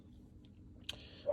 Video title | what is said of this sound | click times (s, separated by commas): How I Made My Optic Target Focus Cover/Trainer | over the top and it just snaps into place | 0.9 s